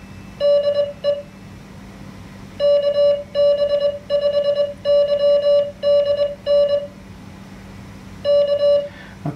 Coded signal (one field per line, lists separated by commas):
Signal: Morse code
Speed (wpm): 21 wpm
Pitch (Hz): 580 Hz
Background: none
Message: DE KB5YDN K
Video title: Practice Morse Code with a Machine